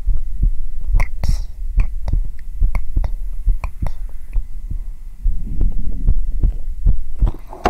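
Steady, regular paired heart thumps at about 70 beats a minute from an adult heart, picked up on bare skin with a black 3Dio binaural microphone, with faint rustling from the microphone on skin; a calming, long-form ASMR heartbeat.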